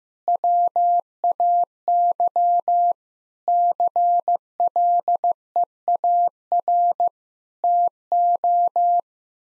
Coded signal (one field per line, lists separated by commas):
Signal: Morse code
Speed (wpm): 15 wpm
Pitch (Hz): 700 Hz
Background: none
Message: WAY CLEAR TO